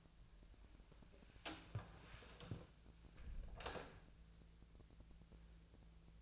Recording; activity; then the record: daily activity, microphone in the room; close door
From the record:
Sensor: 2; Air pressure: 1000.4 hPa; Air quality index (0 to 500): 174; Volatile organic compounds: 3 ppm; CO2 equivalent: 1450 ppm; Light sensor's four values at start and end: 9/23/9/10 and 9/22/9/10